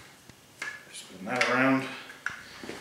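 The folding stock of a PPS-43c-style SBR is grabbed from the top and spun around into its rear receiver lock while someone talks. A single sharp click sounds at 2.3 s as the stock locks into the extended position.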